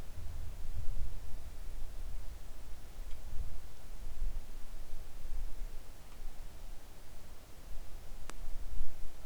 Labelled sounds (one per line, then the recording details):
near silence
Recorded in the Arctic National Wildlife Refuge, Alaska, on 3 August 2019 at 10:20
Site 41